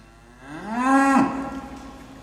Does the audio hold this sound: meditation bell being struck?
no